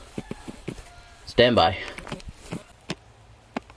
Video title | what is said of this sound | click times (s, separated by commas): 2004 element P2422 Evaporative Emission System Vent Valve Stuck Closed FIX!! | And it's probably going to take both hands to lock that thing in place. | 3.6 s